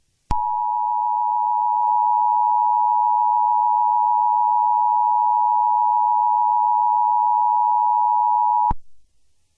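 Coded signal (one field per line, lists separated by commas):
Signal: Emergency Alert System (SAME) tones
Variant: 853 and 960 Hz attention tone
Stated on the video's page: Fictional EAS scenario, a simulated alert.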